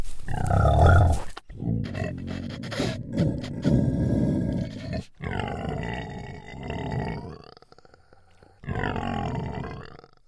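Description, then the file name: Pig grunting and squealing: deep rough grunts give way to harmonic, wavering squeals that rise and fall in drawn-out bursts with short breaks. "C A Sound Inc Pig"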